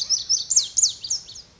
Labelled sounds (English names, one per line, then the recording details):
Pacific Wren
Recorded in Sonoma County, California